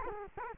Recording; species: mosquito wingbeat signal from an infrared sensor; Culex quinquefasciatus